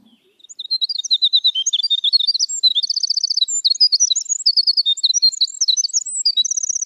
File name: Canto da cotovia dos campos